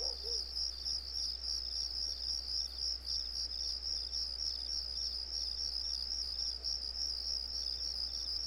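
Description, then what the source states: Cricket song of rapid, rhythmic high chirps pulsing without pause, about three or four pulses each second. Crickets on a residential street.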